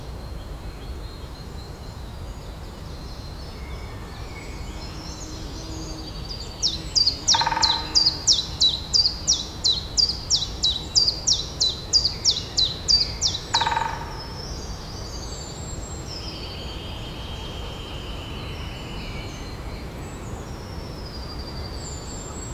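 A woodpecker in a Danish forest gives a fast, even run of high, sharp notes from about seven to thirteen seconds. Before and after, a steady low rumble fills the woods, with faint thin calls of other birds.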